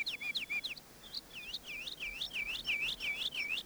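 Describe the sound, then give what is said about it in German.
Many birds chirp busily in the cool of the evening, bright high-pitched calls and swooping tweets overlapping in quick, repeated bursts over a faint low background hum. “Was ist denn nur mit diesen Vögeln los? So viele.”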